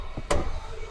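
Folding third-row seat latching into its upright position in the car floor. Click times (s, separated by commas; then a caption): 0.3 s. A folding third-row seat in the boot of a Toyota Prius Plus Excel TSS is raised by pulling its cord until it latches upright into the car floor. One sharp hit is heard at 0.3 s as the seat locks into place.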